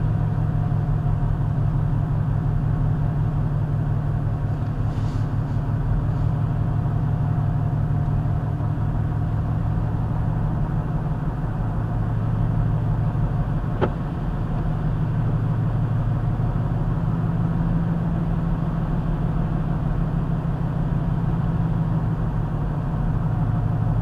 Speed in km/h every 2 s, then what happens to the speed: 50, 50, 50, 50, 50, 53, 53, 53, 55, 56, 56, 55.
0-24 steady at about 53.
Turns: none.